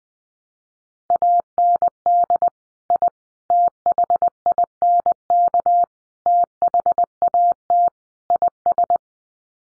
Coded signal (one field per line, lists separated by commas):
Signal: Morse code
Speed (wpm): 20 wpm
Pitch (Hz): 700 Hz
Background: none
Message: AND I THINK THAT IS